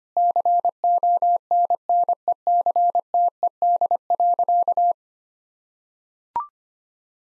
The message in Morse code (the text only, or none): CONNECTED.